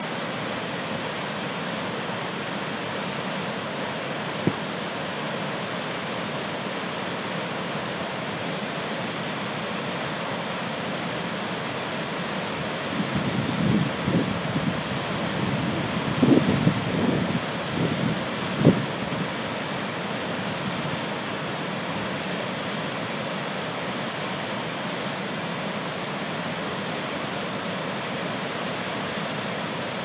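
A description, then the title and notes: The river pours in a steady, dense rush, with a single knock near five seconds and a burst of low thuds around thirteen to nineteen seconds. Firehole River in Yellowsone. The Firehole River at Firehole Falls in Yellowstone National Park, Wyoming.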